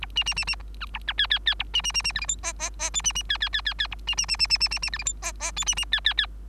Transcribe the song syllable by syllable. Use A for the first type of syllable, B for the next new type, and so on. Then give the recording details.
A B B B B C A C D D D A B B B B E F G H H H I B B D D D D D A B B B B B B B B E F G H H I B B D D D. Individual Bird3